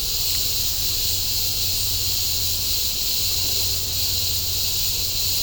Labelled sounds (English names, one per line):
none